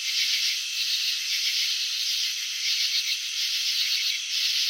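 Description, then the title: Cricket chirping, a thick high ringing of fast pulses that barely varies in loudness, with no other sounds. Crickets chirping, presented in a slow-motion video showing wing vibrations and antenna movements. "Crickets in Slow Motion 📷. Capturing the Elegance of Chirping"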